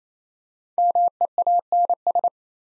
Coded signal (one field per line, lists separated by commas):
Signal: Morse code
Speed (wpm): 27 wpm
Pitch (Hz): 700 Hz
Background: none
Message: MEANS